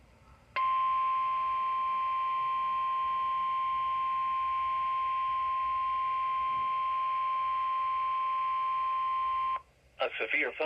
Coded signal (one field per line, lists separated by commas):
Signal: Emergency Alert System (SAME) tones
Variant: 1050 Hz attention tone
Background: speech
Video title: EAS Alerts #9 & #10 Double Header #1 (Severe T Storm Warning #7 & Severe T Storm Watch #2) 5/21/18